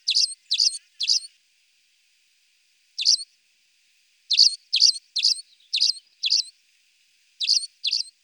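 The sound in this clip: Spanish sparrow chirps, short bright calls given in a group of three, a single call, then a run of five, with pauses between groups and a final pair near the end.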